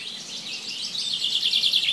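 Bird chirping: a dense run of high, quick twittering notes that grows slightly louder, over steady hiss.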